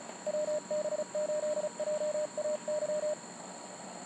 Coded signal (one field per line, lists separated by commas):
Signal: Morse code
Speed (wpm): 35 wpm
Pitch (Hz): 620 Hz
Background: none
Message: WB8JAY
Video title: Ham Radio - QRP - MTR4B - Bicycle - CWOPs - John Glenn Memorial Park